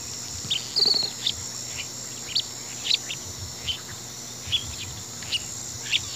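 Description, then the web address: Ladder-tailed nightjar giving short, sharp high chips and a brief thin whistle at irregular intervals, over a steady high insect buzz and low rumble. Flock and display calls, recorded in the eastern lowlands of South America. "Natures Songs S America Eastern Lowlands. Hydropsalis climacocerca, flock and display calls"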